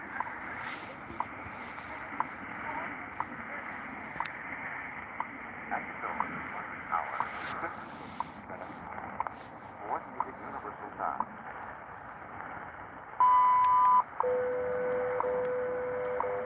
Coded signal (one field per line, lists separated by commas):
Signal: radio time signal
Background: speech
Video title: Evening Shortwave Radio Tuning